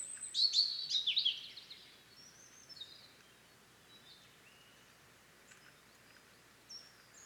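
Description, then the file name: European robin song opening with a loud, high, glittering twittered phrase, followed by a few faint scattered notes against steady background hiss. "Erithacus rubecula"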